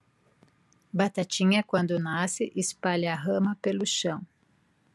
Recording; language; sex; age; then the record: short text; Brazilian Portuguese; female; 50 to 59 years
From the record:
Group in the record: control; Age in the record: 53 years